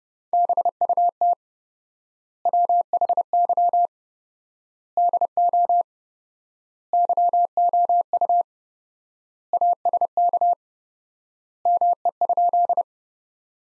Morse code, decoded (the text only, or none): BUT WHY DO YOU ASK ME?